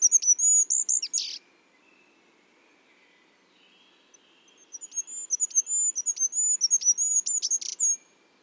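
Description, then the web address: Bird calls in two bouts of high, thin whistles with downward flicks and a harsh ending, separated by several seconds of near silence with a faint lower trill. "Bird Only"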